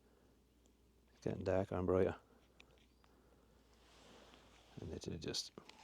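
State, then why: Not seated. A slide-in lens filter is handled at its filter holder on a camera lens while someone talks, with faint handling ticks and rustles between the words. The filter has not gone home; nothing has seated or clicked yet.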